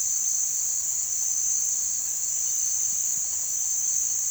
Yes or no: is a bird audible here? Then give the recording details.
no. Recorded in pastures near Puerto Asís, Putumayo, Colombia, on 18 February 2024 at 08:30. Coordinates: 0.468, -76.328. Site G6414